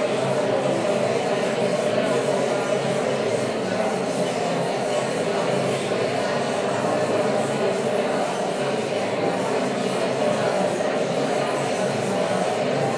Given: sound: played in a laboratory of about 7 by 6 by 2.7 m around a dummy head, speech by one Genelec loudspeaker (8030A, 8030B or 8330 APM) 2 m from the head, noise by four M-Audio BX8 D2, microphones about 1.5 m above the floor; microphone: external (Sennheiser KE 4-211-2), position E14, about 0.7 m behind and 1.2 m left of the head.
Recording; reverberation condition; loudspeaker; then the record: babble noise; high; four, about 170 cm from the corners of the room and facing them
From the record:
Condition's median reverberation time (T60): about 1300 ms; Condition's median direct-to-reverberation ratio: about -4.0 dB